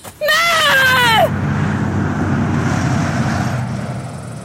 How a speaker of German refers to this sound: Der Autobus ist weg.